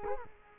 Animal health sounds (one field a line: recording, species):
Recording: mosquito wingbeat signal from an infrared sensor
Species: Culex quinquefasciatus